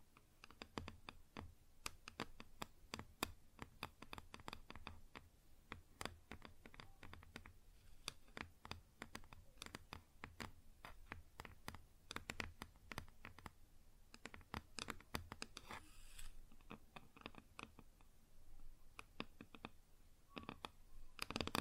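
Fingers tap and scratch on a wooden surface in quick, uneven bursts, dense clicks running through most of the 22 seconds. Brief lulls come near 8 and 17 seconds, and a softer rasping scrape appears around 15 seconds under the crisp taps.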